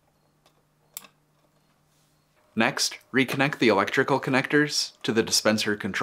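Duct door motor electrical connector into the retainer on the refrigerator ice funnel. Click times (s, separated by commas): 1.0 s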